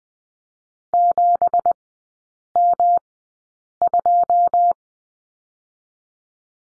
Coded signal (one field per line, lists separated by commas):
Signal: Morse code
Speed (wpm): 20 wpm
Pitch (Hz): 700 Hz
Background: none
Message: 7M2